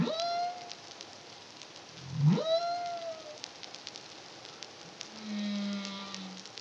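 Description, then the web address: Humpback whale song: rising upsweeps ending in flat harmonic tones, repeated twice, then a low steady moan near the end, with faint clicks and water hiss. Caribbean, 2023. "CARIMAM humpback whale song"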